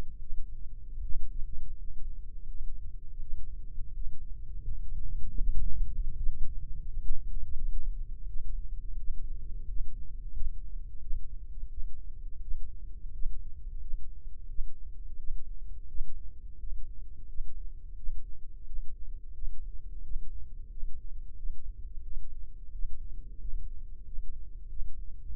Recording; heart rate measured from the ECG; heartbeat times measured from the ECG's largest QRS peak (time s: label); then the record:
heart sounds by microphone in the left ear; 86 bpm
0.18 s: heartbeat
1.01 s: heartbeat
1.77 s: heartbeat
2.47 s: heartbeat
3.19 s: heartbeat
3.93 s: heartbeat
4.64 s: heartbeat
5.38 s: heartbeat
6.15 s: heartbeat
6.85 s: heartbeat
7.54 s: heartbeat
8.25 s: heartbeat
8.95 s: heartbeat
9.66 s: heartbeat
10.33 s: heartbeat
10.99 s: heartbeat
11.68 s: heartbeat
12.39 s: heartbeat
13.11 s: heartbeat
13.79 s: heartbeat
14.46 s: heartbeat
15.16 s: heartbeat
15.86 s: heartbeat
16.57 s: heartbeat
17.26 s: heartbeat
17.94 s: heartbeat
18.64 s: heartbeat
19.33 s: heartbeat
20.01 s: heartbeat
20.68 s: heartbeat
21.35 s: heartbeat
22.02 s: heartbeat
22.70 s: heartbeat
23.38 s: heartbeat
24.03 s: heartbeat
24.67 s: heartbeat
25.32 s: heartbeat
From the record:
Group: healthy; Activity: rest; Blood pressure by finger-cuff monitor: 91/55 mmHg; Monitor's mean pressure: 66 mmHg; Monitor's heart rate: 86 bpm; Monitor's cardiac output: 6.4 L/min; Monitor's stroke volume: 78 mL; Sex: male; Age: 22 years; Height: 181 cm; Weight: 60 kg